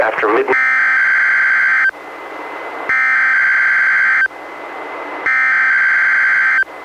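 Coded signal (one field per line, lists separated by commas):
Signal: Emergency Alert System (SAME) tones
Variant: header bursts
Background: speech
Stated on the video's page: NWR weekly test relayed by station KEC91, recorded from a Reecom R-1630 weather radio through a Zoom H1 recorder.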